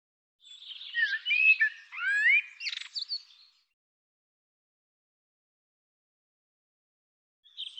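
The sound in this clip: Bird singing a long varied phrase of rising slurred whistles and a brief buzzy burst, followed by silence and the start of another phrase.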